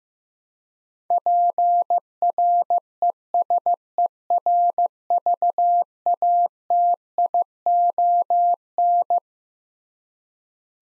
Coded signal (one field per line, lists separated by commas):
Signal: Morse code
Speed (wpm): 15 wpm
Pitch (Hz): 700 Hz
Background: none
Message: PRESERVATION